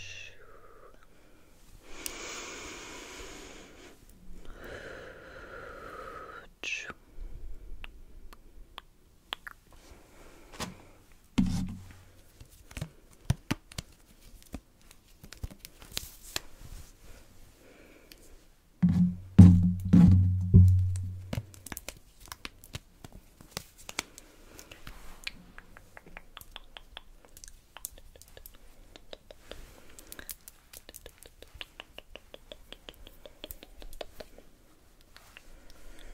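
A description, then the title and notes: Face brushing and hair combing make soft, irregular scratching and swishing strokes with many sharp ticks and taps throughout. Around 2–7 seconds a hissy stroke rises, and near 19–22 seconds a louder low rumbling burst of handling stands out before quieter strokes resume. ASMR Comforting You With Personal Attention NO TALKING Face Brushing, Hair Combing etc.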